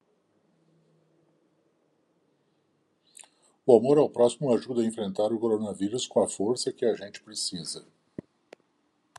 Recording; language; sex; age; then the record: spoken sentence; Brazilian Portuguese; male; 60 to 69 years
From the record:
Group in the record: control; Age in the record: 67 years